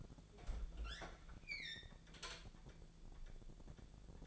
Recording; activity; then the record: daily activity, microphone in the room; open fridge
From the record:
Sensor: 5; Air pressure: 1000.2 hPa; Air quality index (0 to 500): 103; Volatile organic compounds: 1 ppm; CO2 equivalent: 830 ppm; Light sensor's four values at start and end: 237/562/240/262 and 239/565/242/264